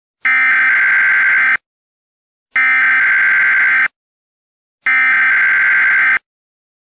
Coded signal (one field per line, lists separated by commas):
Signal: Emergency Alert System (SAME) tones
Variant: header bursts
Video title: EAS Scenario #44 The Ultimate Verneshot - ThePhoenixFire Remake